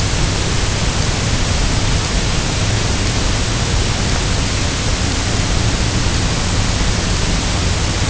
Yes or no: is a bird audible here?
no